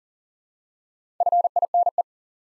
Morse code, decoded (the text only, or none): FINE